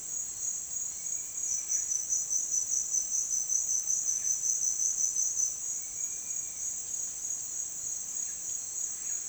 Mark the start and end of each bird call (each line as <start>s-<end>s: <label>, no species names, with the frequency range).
0.79s-2.01s: bird call (1.4-3.0 kHz)
5.50s-6.83s: bird call (1.3-3.2 kHz)